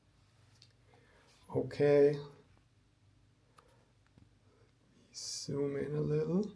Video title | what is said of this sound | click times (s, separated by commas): How to use: Praktica LLC - Load Film, Change Battery, Controls explained | push on the revent lever again rotate it a little until it snaps | 0.6 s